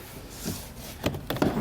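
A plastic interior door panel is pushed flat against the door of a 2003 Chevrolet Silverado truck, after a quiet stretch of soft rubbing and handling. Its retaining clips snap into place with sharp clicks at 1.1, 1.3 and 1.4 seconds, and the panel ends up seated and solid.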